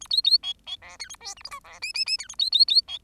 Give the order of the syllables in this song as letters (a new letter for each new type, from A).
A B B C C D E A F G H I D J J J E A B B B C